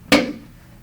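A sheet metal snap lock seam joining two duct pieces is pressed on and pops apart with one sharp metallic snap at 0.1 s, followed by a short ringing decay. The seam releases and comes apart.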